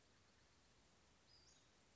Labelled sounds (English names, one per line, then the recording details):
Western Flycatcher
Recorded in Sonoma County, California